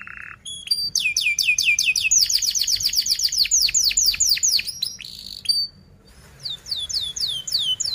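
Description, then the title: Canary song, a dense run of rapid repeated downward-slurred whistles, a brief low buzzy note at the start, then a pause and more high slurred notes. Canary song used as a lure to teach young canaries to sing; described as a fast, dense 'cuit cuit' style song. "Kenari Gacor Speed RAPAT Cuit Cuit Ngero L Suara Bagus Untuk Pancingan Kenari Paud Belajar Bunyi"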